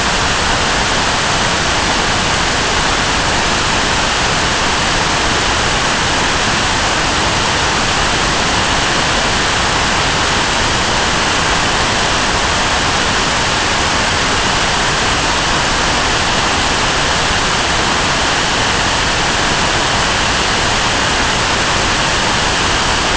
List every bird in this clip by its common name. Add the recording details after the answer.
none. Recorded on Arctic tundra, site NAIT-1, on 25 June 2018. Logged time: 03:00